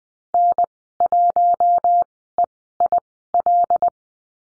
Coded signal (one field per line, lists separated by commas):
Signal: Morse code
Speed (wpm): 20 wpm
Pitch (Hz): 700 Hz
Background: none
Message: N1EIL